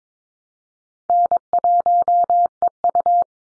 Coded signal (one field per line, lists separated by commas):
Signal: Morse code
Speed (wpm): 22 wpm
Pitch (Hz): 700 Hz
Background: none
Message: N1EU